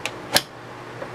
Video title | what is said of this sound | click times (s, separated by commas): Cleaning an Alienware Aurora A4 PC | slot properly clicks | 0.1 s, 0.4 s